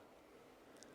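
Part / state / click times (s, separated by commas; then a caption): ratchet mechanism of a wrist-worn golf training aid / not seated / none. A golfer makes a faulty amateur swing while wearing a wrist-worn golf training aid on the trail wrist, and its ratchet mechanism never engages. Only steady background noise is heard, with one faint, brief sound at about 0.8 s. No click is heard and the aid has not clicked into place.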